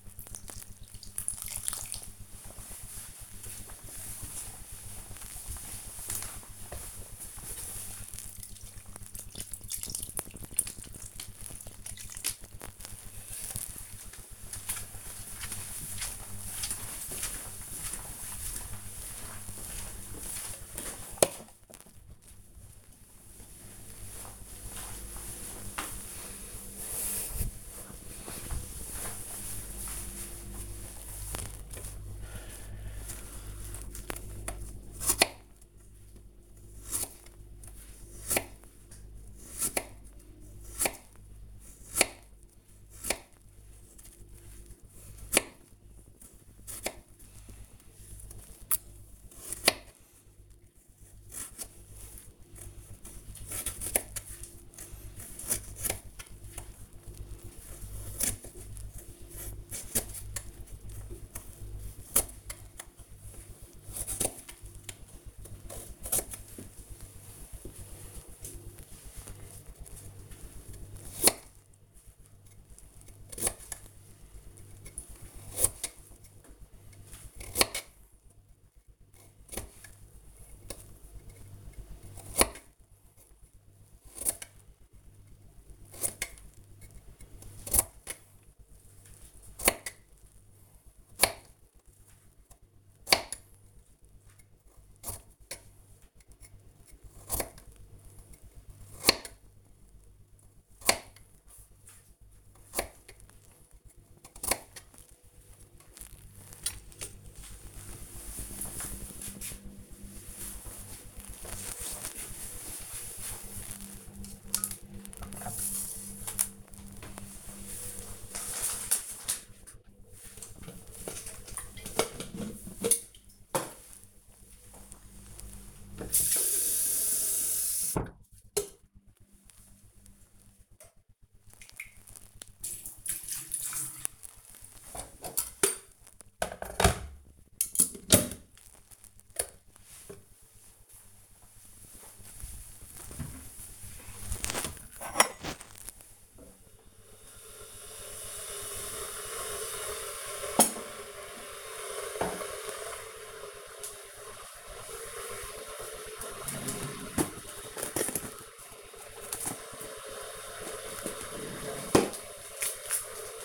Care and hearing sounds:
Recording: household activities, microphone on the right wrist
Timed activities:
0.00-12.71 s: watering plant
29.83-105.32 s: cutting vegetables
114.38-163.45 s: making tea

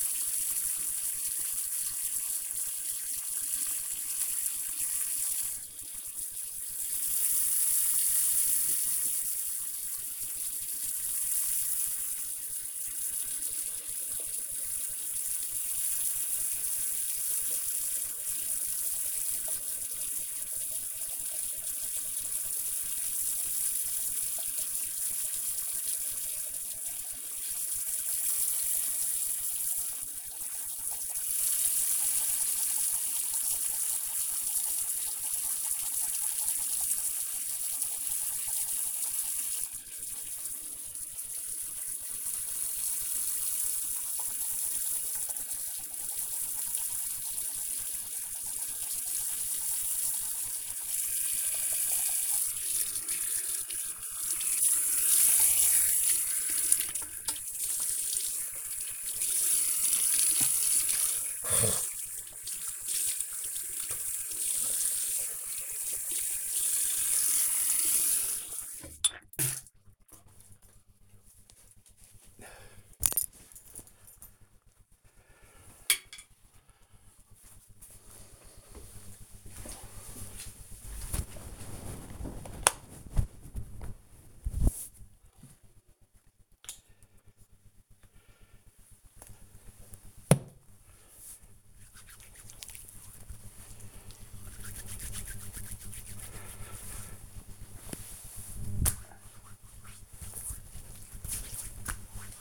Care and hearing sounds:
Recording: household activities, microphone on the right wrist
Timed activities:
0.00-69.93 s: brushing teeth
87.06-102.41 s: cream hands

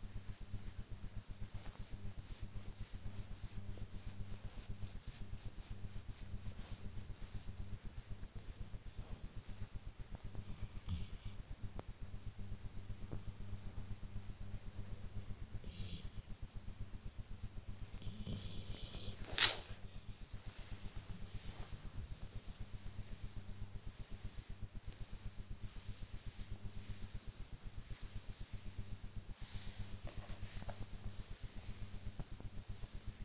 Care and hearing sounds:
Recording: household activities, microphone on the right wrist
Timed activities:
0.00-33.25 s: petting the dog

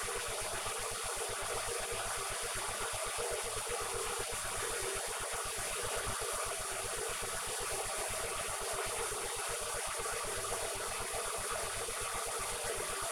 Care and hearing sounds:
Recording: household activities, microphone on the right wrist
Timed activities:
0.00-13.12 s: making tea

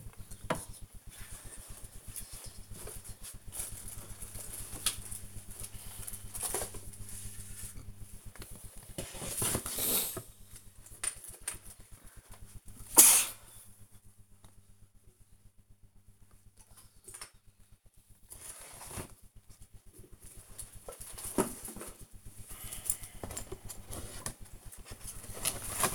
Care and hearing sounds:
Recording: household activities, microphone on the right wrist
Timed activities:
0.00-23.86 s: tidy up the cupboard

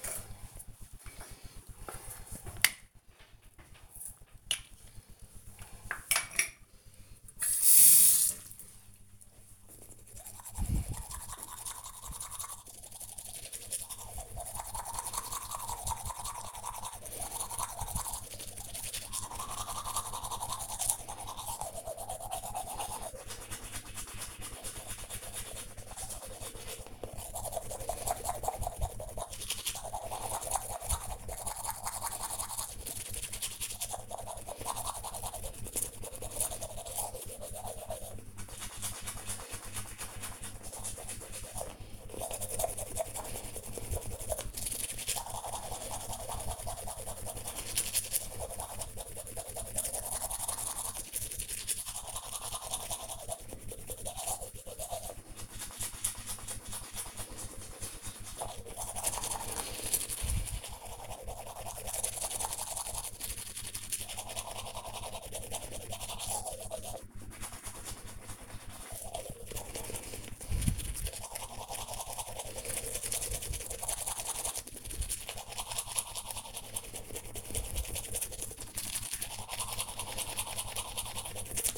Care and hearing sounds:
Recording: household activities, microphone on the right wrist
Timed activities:
0.00-81.78 s: brushing teeth

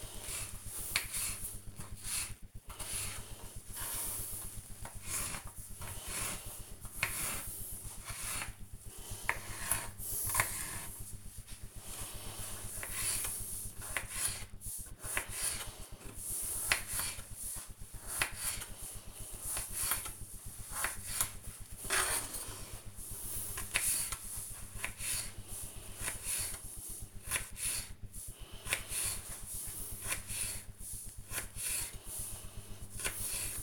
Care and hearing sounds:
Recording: household activities, microphone on the right wrist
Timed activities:
0.00-33.63 s: cutting vegetables

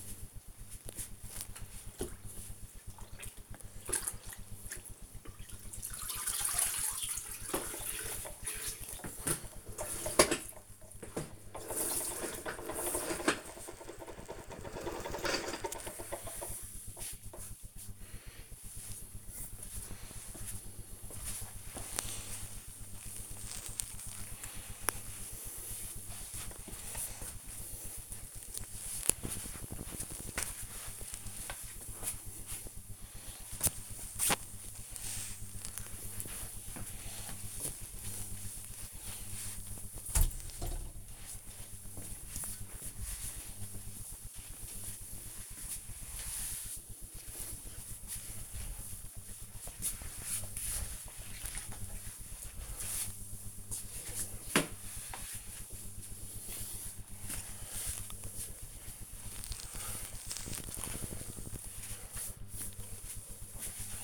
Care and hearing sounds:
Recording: household activities, microphone on the right wrist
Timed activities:
0.00-64.04 s: floor cleaning

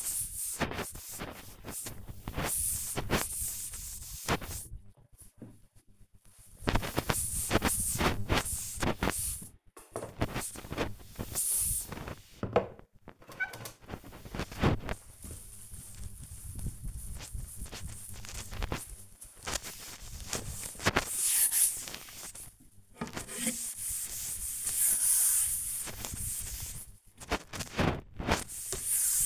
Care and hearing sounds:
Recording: household activities, microphone on the right wrist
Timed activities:
0.00-29.26 s: cleaning shelf

